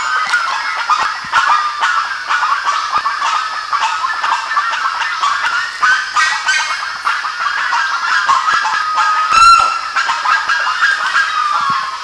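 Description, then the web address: Bird calls, rapid overlapping harsh notes from many birds, nearly continuous, with one louder sharp note late. "BIRD 2015 SABIOD"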